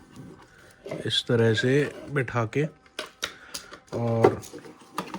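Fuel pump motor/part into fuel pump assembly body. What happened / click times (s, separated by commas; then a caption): Handled, not yet home: the pump part is being positioned in its housing but has not locked / none. Someone talks while handling a fuel pump motor part and positioning it into the fuel pump assembly body of a Swift Diesel Generation 2 (Type 2), with the flexible pipes lined up. Brief handling knocks are heard around 3.0, 3.2, 3.6 and 5.0 seconds. The part is not yet pressed home, and nothing has seated or clicked yet.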